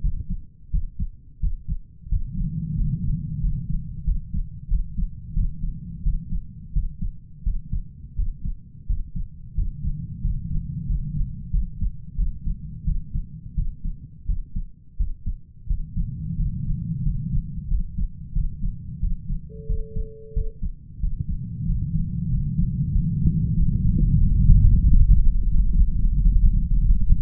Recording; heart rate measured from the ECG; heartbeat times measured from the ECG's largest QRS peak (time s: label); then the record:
heart sounds by stethoscope; 90 bpm
0.01 s: heartbeat
0.71 s: heartbeat
1.40 s: heartbeat
2.09 s: heartbeat
2.75 s: heartbeat
3.41 s: heartbeat
4.05 s: heartbeat
4.68 s: heartbeat
5.34 s: heartbeat
6.03 s: heartbeat
6.73 s: heartbeat
7.43 s: heartbeat
8.16 s: heartbeat
8.87 s: heartbeat
9.55 s: heartbeat
10.22 s: heartbeat
10.86 s: heartbeat
11.51 s: heartbeat
12.16 s: heartbeat
12.84 s: heartbeat
13.55 s: heartbeat
14.26 s: heartbeat
14.97 s: heartbeat
15.67 s: heartbeat
16.36 s: heartbeat
17.03 s: heartbeat
17.68 s: heartbeat
18.33 s: heartbeat
19.00 s: heartbeat
19.67 s: heartbeat
20.34 s: heartbeat
21.00 s: heartbeat
21.66 s: heartbeat
22.29 s: heartbeat
22.92 s: heartbeat
23.54 s: heartbeat
24.18 s: heartbeat
24.81 s: heartbeat
25.47 s: heartbeat
26.14 s: heartbeat
26.81 s: heartbeat
From the record:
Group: healthy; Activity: rest 0-19 s, Valsalva maneuver 19-27 s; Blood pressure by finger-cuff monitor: 116/76 mmHg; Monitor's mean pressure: 88 mmHg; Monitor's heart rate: 91 bpm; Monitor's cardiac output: 7.6 L/min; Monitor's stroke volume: 85 mL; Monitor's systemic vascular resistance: 840 dyn s/cm5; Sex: male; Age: 33 years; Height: 179 cm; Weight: 80.4 kg